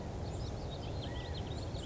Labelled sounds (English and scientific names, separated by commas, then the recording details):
California Quail (Callipepla californica)
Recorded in Sonoma County, California